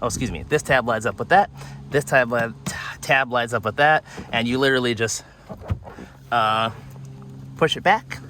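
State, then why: Not seated. In a 2019–2022 Nissan Altima, a glove box with its plastic tabs lined up is handled and pushed back toward the dash opening while someone talks. No clicks are heard: nothing has seated or clicked yet, and the clip ends just before the glove box goes home.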